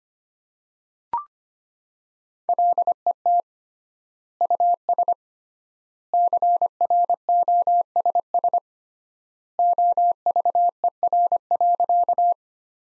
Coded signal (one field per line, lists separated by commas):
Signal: Morse code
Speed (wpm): 25 wpm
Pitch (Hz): 700 Hz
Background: none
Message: LET US CROSS OVER.